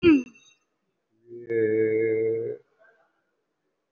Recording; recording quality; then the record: sustained vowel as in made; excellent, no background noise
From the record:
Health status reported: COVID-19 positive, moderate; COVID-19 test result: positive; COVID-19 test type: RT-PCR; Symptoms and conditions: cough, sore throat, fever, fatigue, muscle pain, loss of smell and taste, diabetes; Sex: male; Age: 69 years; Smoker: no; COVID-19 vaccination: both doses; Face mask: worn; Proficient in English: yes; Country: India